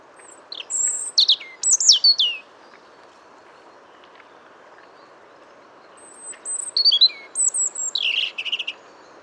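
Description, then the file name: European robin delivering two rich phrases of high, wavering whistles and trills with a long pause between, light hiss behind. "Erithacus rubecula"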